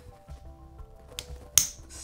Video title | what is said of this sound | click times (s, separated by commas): Colorful, Foldable 3D Printed Polyhedra! | first I'm gonna start with this loop and then I'll just snap that into place | 1.6 s